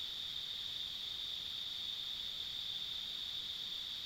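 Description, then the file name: Insects keep up an unvarying shrill sound, a sustained high tone with a weaker band higher still, over low background noise. Ambient insect sounds along a rural country road. "田舎道の虫の環境音"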